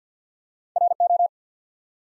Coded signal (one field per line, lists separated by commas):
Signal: Morse code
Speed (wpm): 50 wpm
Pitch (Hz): 700 Hz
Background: none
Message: RO